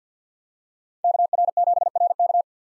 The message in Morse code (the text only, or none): KR7RK